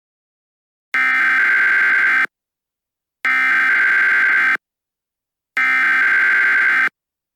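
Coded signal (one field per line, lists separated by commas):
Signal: Emergency Alert System (SAME) tones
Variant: header bursts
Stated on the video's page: Fake EAS Severe Thunderstorm alert made as a prank.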